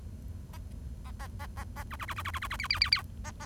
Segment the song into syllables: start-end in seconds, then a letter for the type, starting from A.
0.53-0.57 A, 1.05-1.10 A, 1.19-1.27 A, 1.39-1.46 A, 1.57-1.64 A, 1.76-1.83 A, 1.91-1.96 B, 1.99-2.05 B, 2.08-2.14 B, 2.16-2.22 B, 2.25-2.31 B, 2.34-2.39 B, 2.42-2.47 B, 2.50-2.56 B, 2.59-2.67 C, 2.70-2.79 C, 2.81-2.90 C, 2.92-3.02 C, 3.24-3.31 A, 3.40-3.45 A